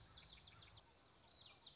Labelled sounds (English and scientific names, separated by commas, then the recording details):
Common Yellowthroat (Geothlypis trichas)
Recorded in Sonoma County, California